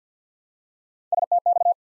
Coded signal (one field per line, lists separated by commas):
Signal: Morse code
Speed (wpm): 51 wpm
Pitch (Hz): 700 Hz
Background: none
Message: STX